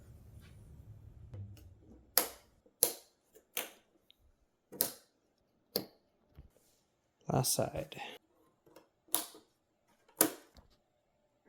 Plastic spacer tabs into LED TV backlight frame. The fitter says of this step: make sure these little tabs uh snap into place